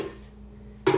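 The tilt head of a stand mixer is lifted and locks into its raised position on the mixer base, so it stays up out of the way. After a quiet low hum, a sharp metallic knock is heard at 0.9 s as the head seats into place.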